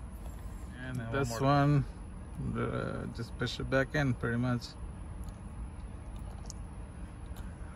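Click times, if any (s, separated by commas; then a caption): 6.5 s. Someone talks while a plastic trim piece is pushed back into place on a Honda CR-V steering wheel during a leather steering wheel install. A short, sharp click sounds at 6.5 s as the trim piece seats.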